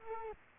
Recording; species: mosquito wingbeat signal from an infrared sensor; Culex quinquefasciatus